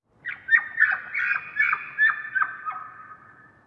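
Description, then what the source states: Elk giving a "laugh": a rapid series of several high, harsh squealing notes, each dropping in pitch, fading into a long drawn-out whine at the end. Male elk; bugling in a style described as a "laugh".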